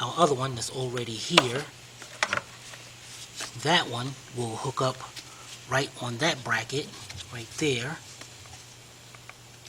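A battery cable retainer is hooked toward its bracket on the engine of a Lexus LS460/GS460/LS400h during a right side valve cover gasket replacement, while someone talks. A few short handling taps are heard around 2.2–2.4 s, but nothing has seated or clicked yet.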